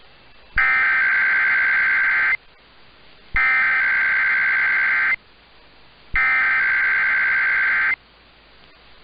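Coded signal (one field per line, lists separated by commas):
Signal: Emergency Alert System (SAME) tones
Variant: header bursts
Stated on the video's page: Automated weekly tests caught on two radio stations and one TV station.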